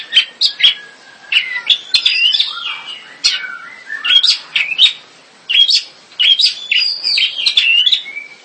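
Long-tailed shrike song of rapid mixed notes: sharp chips, harsh rasps and slurred whistles strung together in busy phrases separated by brief pauses.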